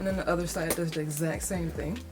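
Someone talks while handling the second metal twist-lock clasp on a green nappa leather Fendi Peekaboo Iconic Mini handbag, where the top closes and the metal turn-lock is twisted to lock it. The clip ends before the clasp goes home, so nothing has seated or clicked yet.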